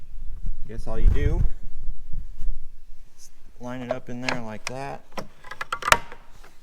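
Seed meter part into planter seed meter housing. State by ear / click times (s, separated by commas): seated / 5.7 s, 5.9 s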